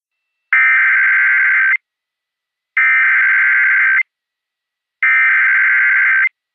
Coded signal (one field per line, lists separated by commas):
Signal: Emergency Alert System (SAME) tones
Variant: header bursts